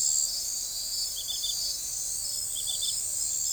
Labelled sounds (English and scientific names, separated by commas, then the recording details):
none
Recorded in forest near Pivijay, Magdalena, Colombia, on 6 June 2023 at 21:00
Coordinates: 10.467, -74.380
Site Z5-G034